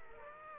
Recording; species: mosquito wingbeat signal from an infrared sensor; Aedes aegypti